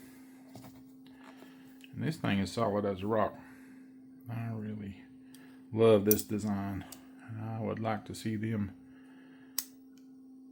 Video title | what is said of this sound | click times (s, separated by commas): Remette Knife Woodpecker. Disassembly video and information. | Pops right in there. Nice and solid. | 9.6 s